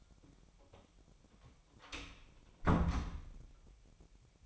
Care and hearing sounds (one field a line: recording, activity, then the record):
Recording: daily activity, microphone in the room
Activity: close door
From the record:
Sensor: 1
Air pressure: 1007.3 hPa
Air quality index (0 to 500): 198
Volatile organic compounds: 20 ppm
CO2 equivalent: 2682 ppm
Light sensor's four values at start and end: 13/34/14/15 and 13/32/13/15